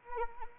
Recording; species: mosquito wingbeat signal from an infrared sensor; Anopheles arabiensis